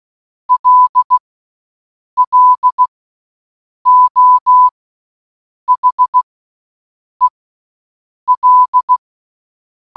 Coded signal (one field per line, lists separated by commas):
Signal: Morse code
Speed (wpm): 16 wpm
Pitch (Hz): 1000 Hz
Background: none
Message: LLO HEL